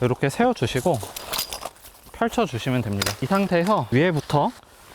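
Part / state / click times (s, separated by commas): pop-up tent pole hub locking into its upright position / not seated / none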